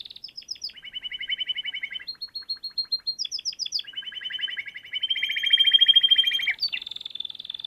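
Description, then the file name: Canary song with rapid rolling trills alternating between lower buzzy phrases and higher notes. Canary song used for training other birds (masteran). "Suara Burung Kenari untuk Masteran"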